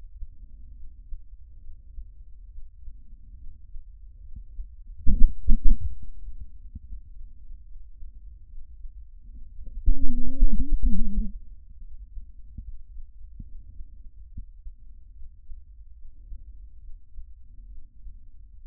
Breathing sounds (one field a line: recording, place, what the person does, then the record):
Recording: lung sounds by stethoscope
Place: trachea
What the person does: quiet breathing, then cough and speech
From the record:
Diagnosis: interstitial lung disease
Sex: female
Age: 61 years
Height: 155 cm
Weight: 75.5 kg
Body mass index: 31.4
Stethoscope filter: bell mode